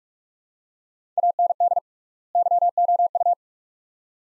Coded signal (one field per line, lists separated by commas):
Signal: Morse code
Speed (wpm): 46 wpm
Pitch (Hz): 700 Hz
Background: none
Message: AND YOU